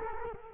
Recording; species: mosquito wingbeat signal from an infrared sensor; Culex quinquefasciatus